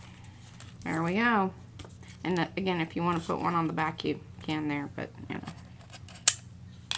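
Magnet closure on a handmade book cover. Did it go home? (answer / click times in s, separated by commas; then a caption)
yes / 6.3 s. Someone talks while closing a handmade altered art book, bringing together the newly added magnets on the cover's closure. The magnets pull together with a sharp snap at 6.3 s, and the magnetic closure seats shut.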